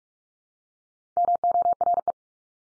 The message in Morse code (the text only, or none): MORE